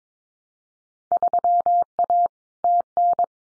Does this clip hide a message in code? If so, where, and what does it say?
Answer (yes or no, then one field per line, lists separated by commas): yes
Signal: Morse code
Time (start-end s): 1.1-3.2 s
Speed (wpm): 22 wpm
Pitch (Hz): 700 Hz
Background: none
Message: 3A TN